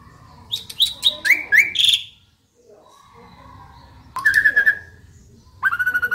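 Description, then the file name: Asian pied starling song in short bursts: rapid chirps and whistled slurs, a pause, then sharp clicking chatter and a rising whistle. Local Indonesian name jalak suren; described as a champion bird singing. "suara burung jalak suren juara"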